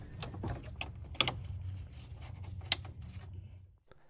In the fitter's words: uh so just slide these on and push them up until they click